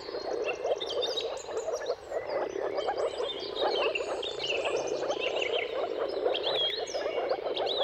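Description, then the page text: Moor frog chorus of overlapping, muffled gurgling calls forming a steady hum, while songbirds sing bright whistled phrases. Moor frogs' mating calls in a chorus at sunrise, at the turn of March and April, timing depending on the weather. "Jakub-Orzecki moor frogs. Dawn’s Chorus: Mating Calls of Marsh Frogs at Sunrise. Depending on the weather at the turn of March and April, you can witness an amazing spectacle of moor frogs"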